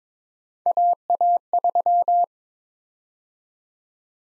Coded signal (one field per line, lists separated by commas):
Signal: Morse code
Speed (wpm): 22 wpm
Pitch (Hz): 700 Hz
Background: none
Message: AA3